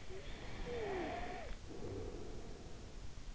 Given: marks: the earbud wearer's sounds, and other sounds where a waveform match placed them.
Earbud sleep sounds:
sounds in sleep by an in-ear microphone; snoring breath
0.11-3.25 s: snoring breath

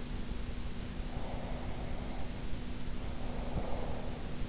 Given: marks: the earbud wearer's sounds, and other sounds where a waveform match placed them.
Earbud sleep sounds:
sounds in sleep by an in-ear microphone; breath
0.99-4.45 s: breath

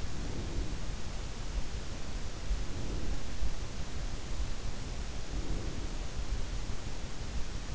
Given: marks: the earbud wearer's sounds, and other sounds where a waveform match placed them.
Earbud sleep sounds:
sounds in sleep by an in-ear microphone; breath
0.00-0.99 s: breath
2.44-3.55 s: breath
4.99-6.14 s: breath

